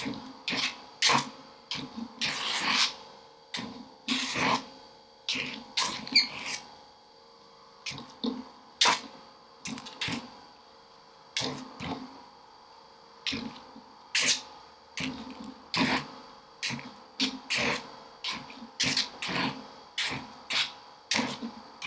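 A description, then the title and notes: A kinetic drawing machine running unattended, making short bright scratching and tapping strokes roughly two or three times a second in an uneven rhythm. A steady mechanical whine hums underneath throughout. The strokes briefly thin out just before the eight-second mark. The soundscapes are constructed from recordings of simple autonomous kinetic drawing apparatus that were set up and left to operate for extended periods of time without intervention. The sounds were manipulated by layering, time shifting, EQ and other simple effects.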